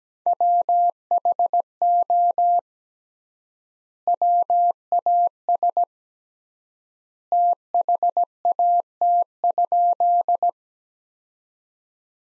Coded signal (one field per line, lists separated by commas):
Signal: Morse code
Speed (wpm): 17 wpm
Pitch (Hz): 700 Hz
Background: none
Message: WHO WAS THAT?